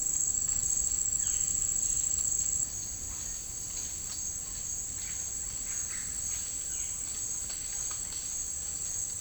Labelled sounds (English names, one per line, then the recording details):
none
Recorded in dense forest near Puerto Asís, Putumayo, Colombia, on 21 March 2025 at 10:00
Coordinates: 0.485, -76.318
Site G056